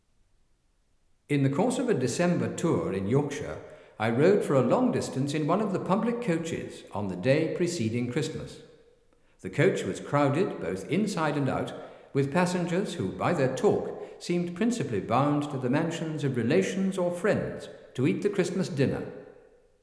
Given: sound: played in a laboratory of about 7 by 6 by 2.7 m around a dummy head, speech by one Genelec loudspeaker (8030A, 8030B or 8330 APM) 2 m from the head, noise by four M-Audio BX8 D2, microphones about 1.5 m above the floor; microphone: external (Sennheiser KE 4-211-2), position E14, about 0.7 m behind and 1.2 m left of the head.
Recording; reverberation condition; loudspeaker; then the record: male speech in English; high; 120 degrees to the left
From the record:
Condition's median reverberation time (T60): about 1300 ms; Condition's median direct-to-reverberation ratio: about -4.0 dB